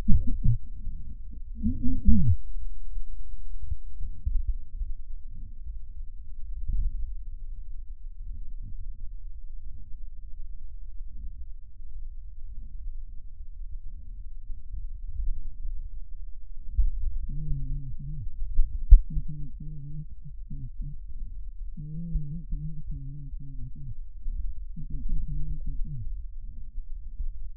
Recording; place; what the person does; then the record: lung sounds by stethoscope; right anterior apical chest; quiet breathing, then cough and speech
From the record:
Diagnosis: interstitial lung disease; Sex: male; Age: 72 years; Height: 167 cm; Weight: 74 kg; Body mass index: 26.5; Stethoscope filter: bell mode